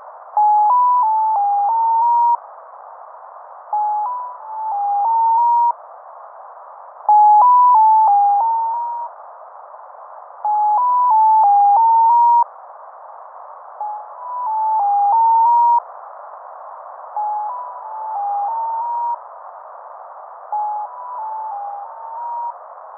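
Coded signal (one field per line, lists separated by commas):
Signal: channel marker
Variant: Mazielka (X06)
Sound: repeated short melodies of six stepped tones near 1 kHz, groups every few seconds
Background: radio static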